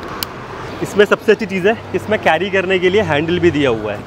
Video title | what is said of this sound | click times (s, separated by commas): India to Norway & UK Ride Preparations - GIVI Panniers For BMW GS310 - Ep~1 | और ये यहाँ से हमने 2 फोल्ड किए और ये ऐसे अपना डायरेक्टली लॉक हो जाएगा। | 0.2 s